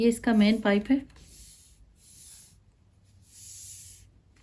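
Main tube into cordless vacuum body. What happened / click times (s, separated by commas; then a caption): The tube is being handled but has not clicked into place yet / none. Someone talks briefly as the main tube of a Dyson V10 Animal cordless stick vacuum is handled near the plastic body it locks into. After the talk, soft hissy rustling swells and fades twice. The tube has not seated or clicked into the body yet.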